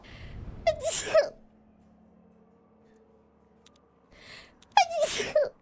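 Two sneezes from the speaker about four seconds apart, each a quick inhale then a sharp, high voiced burst; ordinary sneezing.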